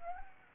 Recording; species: mosquito wingbeat signal from an infrared sensor; Anopheles arabiensis